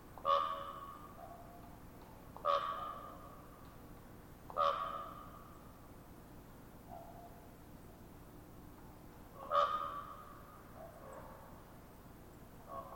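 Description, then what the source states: Common raven making abrupt popping notes, several strong pops at irregular intervals with softer knocking sounds between them. Ravens giving popping calls in a conversational exchange.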